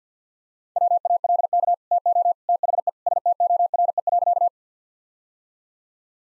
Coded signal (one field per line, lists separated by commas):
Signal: Morse code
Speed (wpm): 50 wpm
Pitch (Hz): 700 Hz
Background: none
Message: WALK TO THE STORE.